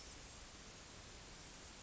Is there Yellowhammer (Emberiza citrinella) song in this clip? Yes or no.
no